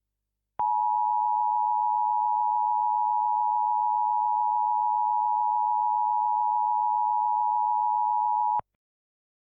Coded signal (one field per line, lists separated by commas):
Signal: Emergency Alert System (SAME) tones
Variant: 853 and 960 Hz attention tone